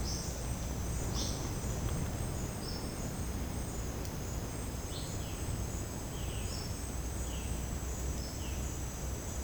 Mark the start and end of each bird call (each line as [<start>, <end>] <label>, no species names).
[0.01, 0.38] bird call
[1.07, 1.47] bird call
[4.84, 5.45] bird call
[6.15, 6.88] bird call
[7.21, 7.70] bird call
[8.36, 8.75] bird call